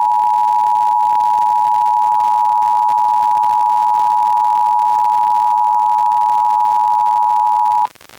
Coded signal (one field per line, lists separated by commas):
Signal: Emergency Alert System (SAME) tones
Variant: 853 and 960 Hz attention tone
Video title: EAS #1095: EAS Required Monthly Test- July 11, 2025- 10:50AM PDT